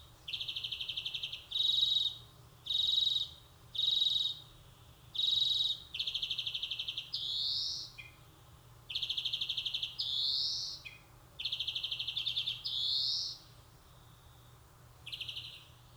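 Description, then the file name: European greenfinch delivering a series of high trilled bursts mixed with rising buzzy notes and a few lower chirps, repeated throughout over faint low hum. "Chloris chloris"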